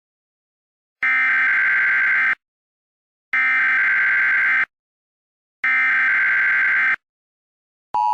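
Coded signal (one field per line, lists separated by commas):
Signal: Emergency Alert System (SAME) tones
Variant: header bursts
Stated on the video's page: Fake EAS alert made as a prank.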